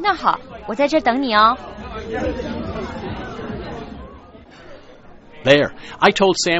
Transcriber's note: party sounds and music